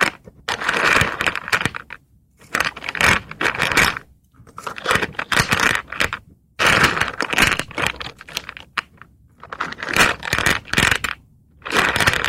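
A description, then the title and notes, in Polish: Wood being handled in a series of bursts, each a second or two of dense crackling, scraping and snapping, with brief silent gaps between them. The sounds are bright and gritty, with sharp cracks scattered through each burst, repeating roughly every two seconds. ZAŚNIJ PRZY DŹWIĘKACH DREWNA! ASMR po polsku.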